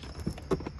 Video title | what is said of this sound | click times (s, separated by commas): Adding factory garage door opener to a wj Jeep how to remove and replace your overhead console | there's two little spots where they snap into so you heard the snap and | 0.5 s